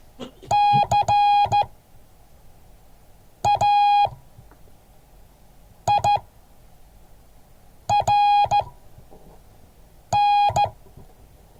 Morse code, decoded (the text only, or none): CAIRN